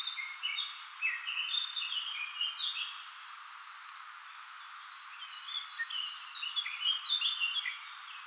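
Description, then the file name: Common chaffinch song: two bursts of quick, tumbling notes separated by a few quieter seconds, each phrase bright and rattling. "Fringilla coelebs"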